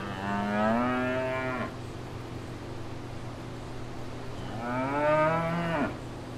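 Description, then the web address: Cow mooing twice, each a long harmonic low that rises then breaks off, with a pause between, over a steady low background hum. At fair grounds. "Blastwave ANIMALS Cow Fair Grounds"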